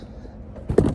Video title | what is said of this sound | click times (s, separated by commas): Polaris sportsman 570 trail first impressions and overview - 100 miles already - | Now the seat, it just kind of pops into place. | 0.8 s